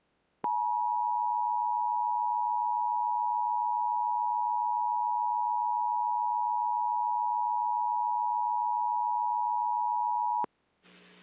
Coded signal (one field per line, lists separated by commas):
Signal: Emergency Alert System (SAME) tones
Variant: 853 and 960 Hz attention tone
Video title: watching EAS scenarios and hanging out join plz part 2 (part 2 of part 2)